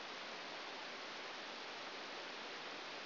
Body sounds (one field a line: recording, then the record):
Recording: brain microelectrode recording played as sound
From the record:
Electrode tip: outside the subthalamic nucleus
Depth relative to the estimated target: -8 mm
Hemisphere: right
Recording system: AlphaMap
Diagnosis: Parkinson's disease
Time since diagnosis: 12 years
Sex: male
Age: 57 years